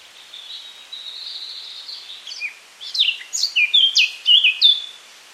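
Eurasian Blackcap song opening with a thin, sustained scratchy warble, then bursting into a loud, pure whistled flourish of rapid notes.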